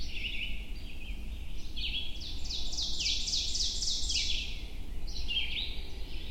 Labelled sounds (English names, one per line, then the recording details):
Ovenbird song
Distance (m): 35 m
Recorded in boreal forest in Alberta, Canada, on 22 June 2016 at 05:20
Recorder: SongMeter 3, array SBT-6-76
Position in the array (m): 151 m, 103 m
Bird 3